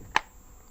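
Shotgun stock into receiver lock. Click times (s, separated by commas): 0.2 s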